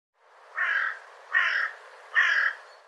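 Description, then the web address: Bird giving three hoarse, squawking caws, each lasting about a third of a second and evenly repeated. "cianscape birddata"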